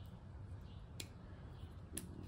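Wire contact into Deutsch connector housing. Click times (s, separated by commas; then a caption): 1.0 s, 2.0 s. A wire contact for an RV-10 Tanis engine preheat install is pushed into a Deutsch connector housing over a low, steady background rumble. Short, sharp clicks sound at 1.0 s and 2.0 s as the second contact clicks in and seats. The wires are then tugged to confirm both contacts are retained.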